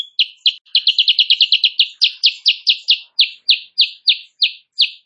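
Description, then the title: Sooty-headed bulbul song: a rapid, almost trilled burst of chirps that slows into evenly spaced loud notes. Energetic morning song used as a masteran recording for training other songbirds; described as gacor and as provoking rival birds to answer. "Masteran Kutilang Sutra. Kutilang Sutra GACOR pagi hari bikin lawannya AUTO NYAUT"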